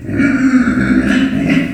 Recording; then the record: squeal of a Yucatan mini pig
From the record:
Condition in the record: after surgery on the right vocal fold (resection and tissue-engineered implant); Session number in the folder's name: 3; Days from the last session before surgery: 21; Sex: female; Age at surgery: 19 weeks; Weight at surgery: 25 kg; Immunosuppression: prednisolone